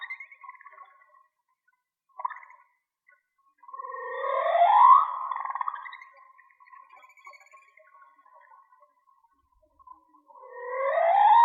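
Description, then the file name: Whale song: long upward-sweeping moans with layered overtones, separated by a steady faint tonal drone and short pulses. Mono; shared for whale watching. "Whale Song-colin"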